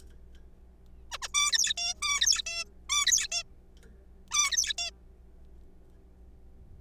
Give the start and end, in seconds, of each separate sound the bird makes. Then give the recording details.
1.12-1.18, 1.22-1.28, 1.34-1.73, 1.77-1.94, 2.02-2.42, 2.46-2.64, 2.89-3.06, 3.06-3.27, 3.32-3.42, 4.31-4.74, 4.78-4.91. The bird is a juvenile. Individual R3428